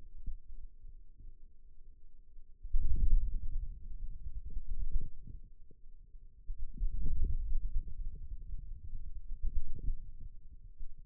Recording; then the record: forearm muscle sounds (acoustic myography)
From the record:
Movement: wrist flexion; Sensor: system 2, bracelet of six BSWA MPA416 microphones around the upper forearm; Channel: 4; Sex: male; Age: 22 years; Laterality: right